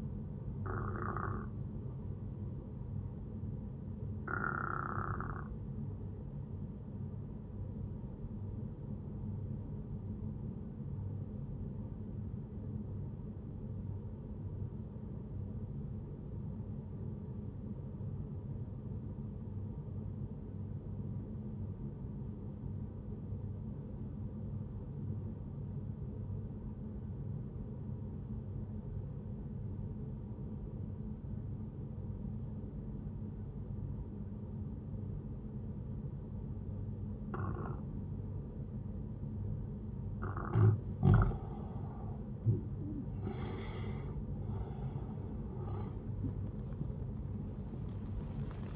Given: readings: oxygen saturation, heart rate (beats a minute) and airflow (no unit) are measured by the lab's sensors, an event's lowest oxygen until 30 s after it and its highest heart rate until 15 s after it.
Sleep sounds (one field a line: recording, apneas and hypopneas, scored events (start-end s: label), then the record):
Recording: breathing in sleep by a smartphone at the bedside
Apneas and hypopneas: 1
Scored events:
6.00-41.70 s: obstructive apnea (N1, oxygen 96% highest, then 93% lowest, heart rate 69 at the start, 83 highest)
From the record:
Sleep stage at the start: N1 (lightest sleep)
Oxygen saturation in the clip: 91 to 96%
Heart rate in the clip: 63 to 79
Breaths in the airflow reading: 2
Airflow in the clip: -10.3 to 11.9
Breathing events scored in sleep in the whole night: 131 in 7.2 hours asleep